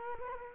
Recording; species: mosquito wingbeat signal from an infrared sensor; Culex quinquefasciatus